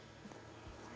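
Someone handles the plastic connector of an RTD temperature probe, plugging it back toward its socket on the control board of a Grilla Grills Chimp pellet grill. Only soft handling rustle and a few faint low bumps are heard over a steady background hum. Nothing has seated or clicked yet.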